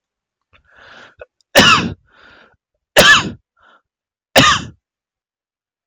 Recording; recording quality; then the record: heavy voluntary cough; excellent, no background noise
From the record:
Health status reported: healthy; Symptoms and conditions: none ticked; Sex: male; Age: 25 years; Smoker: not ticked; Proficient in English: yes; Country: India